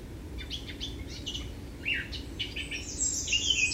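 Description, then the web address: Eurasian blackcap song: a few scratchy, clipped notes followed by a brighter, higher trilling passage. "SETE data Sylvia atricapilla"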